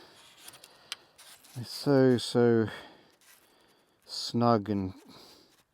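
The two halves of a split sea kayak paddle shaft are handled as one half is pushed toward the other half's ferrule joint, where a spring button will lock it. A few small, sharp ticks of handling are heard early on while someone talks. Nothing has seated or clicked yet.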